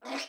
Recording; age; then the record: pig call; piglet (1 to 25 days)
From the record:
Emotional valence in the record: negative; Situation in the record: restrain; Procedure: in the arms of a person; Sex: female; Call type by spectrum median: low-frequency call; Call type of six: mixed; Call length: 0.29 s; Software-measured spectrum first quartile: 608 Hz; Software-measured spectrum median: 1745 Hz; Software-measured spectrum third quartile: 3685 Hz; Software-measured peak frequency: 668 Hz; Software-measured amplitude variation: 132 dB a second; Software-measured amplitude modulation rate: 5.2 a second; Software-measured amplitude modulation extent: 25.1 dB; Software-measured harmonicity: 0.0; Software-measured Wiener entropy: -1.36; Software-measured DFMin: 935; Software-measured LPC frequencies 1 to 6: 659, 2235, 3398, 4388, 5449, 6193 Hz